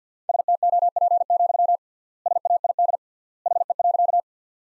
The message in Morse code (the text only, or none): STOP, SAID HE.